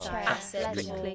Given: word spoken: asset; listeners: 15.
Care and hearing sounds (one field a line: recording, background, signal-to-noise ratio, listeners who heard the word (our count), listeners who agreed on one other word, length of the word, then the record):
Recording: one English word in noise, from a listening test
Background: four-talker babble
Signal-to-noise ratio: -0.3 dB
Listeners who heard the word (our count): 2 of 15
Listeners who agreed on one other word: 8 of 15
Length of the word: 0.75 s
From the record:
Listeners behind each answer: 8, 3, 2, 2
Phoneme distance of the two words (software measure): 20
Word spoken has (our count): 2 syllables, 4 phonemes, stress on syllable 1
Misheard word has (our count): 2 syllables, 4 phonemes, stress on syllable 1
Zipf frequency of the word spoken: 3.82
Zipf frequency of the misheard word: 4.01